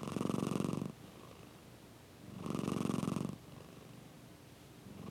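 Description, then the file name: Domestic cat purring in low, rumbling pulsed bursts about a second long, each followed by a quieter pause, repeating roughly every two and a half seconds. "mindmapthat - Purring Cat"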